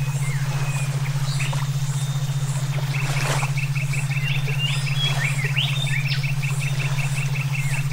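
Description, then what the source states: Songbird song: a few scattered whistles, then a long rapid train of identical clipped notes, above a continuous low humming pulse. Brainwave therapy mix for training songbirds (omkicau).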